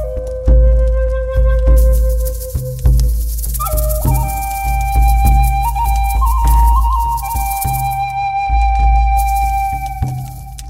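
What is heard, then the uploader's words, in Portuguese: A drum beats a steady, regular pulse of deep thumps while a flute plays long held notes, stepping upward midway and wavering slightly. A rattle adds bright, hissing shakes in bursts near the start, middle and end, over a thin crackling fire. Xâmanica (ritual do fogo). Tambor, flauta, chocalho e fogo.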